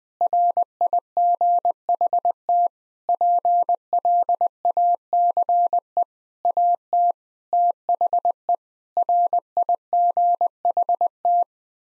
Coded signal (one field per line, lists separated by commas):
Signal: Morse code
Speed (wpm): 19 wpm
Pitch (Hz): 700 Hz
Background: none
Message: RIGHT PLACE AT THE RIGHT